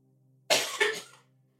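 Two quick, harsh coughs in close succession, the second slightly weaker, each a sharp noisy burst fading out over under a second. A plain adult cough picked up faintly off-microphone, with a low steady hum behind it.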